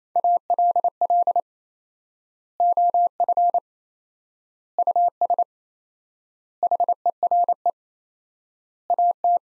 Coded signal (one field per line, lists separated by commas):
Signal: Morse code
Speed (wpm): 28 wpm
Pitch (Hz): 700 Hz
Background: none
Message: ALL OF US HERE AT